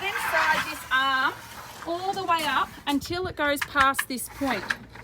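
A caravan latch mechanism on one end of the caravan is pushed along by hand toward the point where it latches, while someone talks over light background noise. Nothing has seated or clicked yet; the clip ends before the latch goes home.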